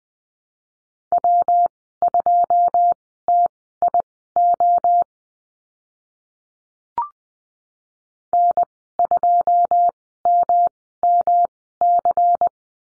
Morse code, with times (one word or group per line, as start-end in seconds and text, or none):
1.1-5.0 W2TIO
8.3-12.5 N2MMC